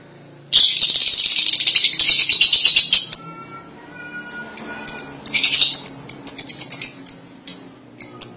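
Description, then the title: Lovebird chattering: a long dense buzzy twitter for nearly three seconds, then quick bursts of high chirps and more chatter. "BM Suara Burung Lovebird"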